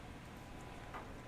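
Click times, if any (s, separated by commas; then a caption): none. A 1/4 inch hex driver bit is handled at the quick-release hex chuck of a Kobalt 24V brushless impact driver (KID 2024A-03) as it is pushed in. Only a low, steady background hiss is heard, with a faint, brief scrape around 1.0 s. The bit has not seated or clicked into place yet.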